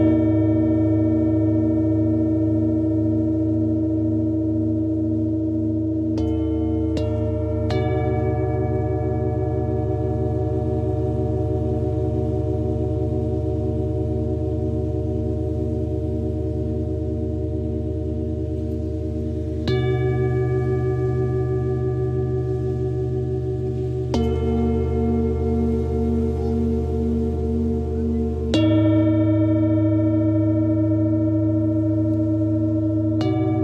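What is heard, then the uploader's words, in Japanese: Singing bowls ring in long, sustained layered tones with a steady pulsing shimmer. New strikes land around 6, 7.5, 20, 24 and 28.5 seconds, each refreshing the sound and shifting the pitch blend. A deep low hum underlies everything, close and continuous. メキシコから シンギングボウルのサウンドヒーリング ライブ。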